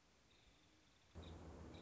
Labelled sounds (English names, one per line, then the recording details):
Nuttall's Woodpecker
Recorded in Sonoma County, California